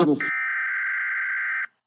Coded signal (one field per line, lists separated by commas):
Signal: Emergency Alert System (SAME) tones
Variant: header bursts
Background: speech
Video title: From NOAA to Ham: Building Your Off-Grid Communication Strategy